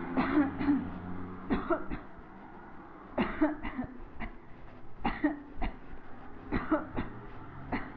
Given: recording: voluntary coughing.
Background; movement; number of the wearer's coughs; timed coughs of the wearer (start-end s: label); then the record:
traffic; walking; 12
0.14-0.49 s: cough
0.57-0.99 s: cough
1.48-1.80 s: cough
1.91-2.26 s: cough
3.15-3.54 s: cough
3.62-4.04 s: cough
4.20-4.55 s: cough
5.02-5.51 s: cough
5.59-5.92 s: cough
6.49-6.87 s: cough
6.94-7.12 s: cough
7.69-7.97 s: cough
From the record:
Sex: female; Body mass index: 22.6 kg/m2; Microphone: on the chest, facing the body